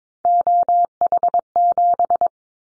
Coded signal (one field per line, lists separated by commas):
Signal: Morse code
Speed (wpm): 22 wpm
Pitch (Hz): 700 Hz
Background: none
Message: OH7